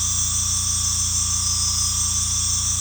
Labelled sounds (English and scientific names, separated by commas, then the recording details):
none
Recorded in secondary vegetation near Puerto Asís, Putumayo, Colombia, on 18 December 2024 at 19:00
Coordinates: 0.485, -76.322
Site GP08